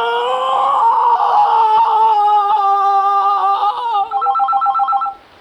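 A telephone rings with a loud, steady, buzzy tone that shifts slightly in pitch, then breaks into a rapid warbling trill before cutting off abruptly.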